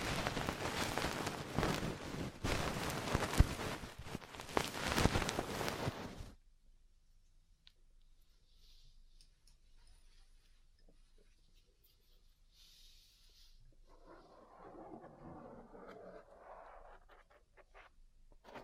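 Ear cleaning and massage sounds, opening with about six seconds of loud, dense rustling and scratching full of rapid crackles. The noise then cuts to near silence, with faint soft clicks and light taps, and a gentle brushing texture returns around fourteen seconds.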